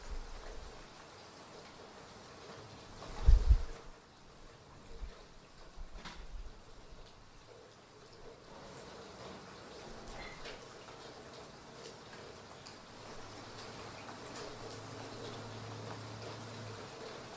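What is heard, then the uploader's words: A gentle thunderstorm with rain falling steadily as a soft, even hiss throughout. A low rumble of thunder swells around three seconds, fading by five, with smaller low thuds after. Scattered faint drips and taps sound over the constant rain. Sounds of a gentle thunderstorm as the thunder rolls and rain falls.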